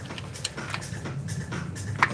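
A torque wrench set to 10 Nm is pulled on an oil pan bolt of a BMW E90 325xi engine, with a low steady hum and a few light ticks at 0.5 s and 0.7 s under the effort. The wrench gives a sharp click at 2.0 s, confirming the bolt has reached its torque setting.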